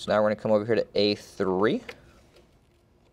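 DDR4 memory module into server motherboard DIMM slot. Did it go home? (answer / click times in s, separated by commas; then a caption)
no / none. A DDR4 memory module is handled over slot A3 of a Dell PowerEdge R340 server motherboard DIMM slot row while someone talks for the first two seconds, followed by faint background noise and a soft tick near 2.4 s. The clip ends before the module goes home, so nothing has seated or clicked yet.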